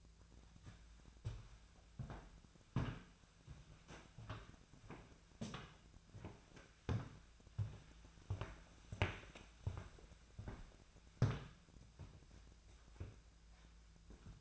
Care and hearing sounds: daily activity, microphone in the room; walk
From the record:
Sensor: 2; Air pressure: 1008.2 hPa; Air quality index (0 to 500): 181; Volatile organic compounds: 10 ppm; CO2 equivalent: 2226 ppm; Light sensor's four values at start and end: 13/32/13/14 and 13/32/13/14

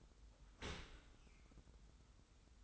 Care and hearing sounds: daily activity, microphone in the room; open dishwasher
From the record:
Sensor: 3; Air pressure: 990.4 hPa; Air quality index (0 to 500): 194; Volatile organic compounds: 1000 ppm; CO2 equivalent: 6334 ppm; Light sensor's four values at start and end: 37/86/35/33 and 37/86/35/33

